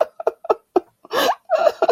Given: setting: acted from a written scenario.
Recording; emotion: vocal sound without words; sadness